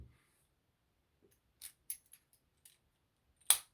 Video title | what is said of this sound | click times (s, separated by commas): Chaz's lock picking parcel | Really nice click. | 3.5 s